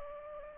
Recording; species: mosquito wingbeat signal from an infrared sensor; Aedes aegypti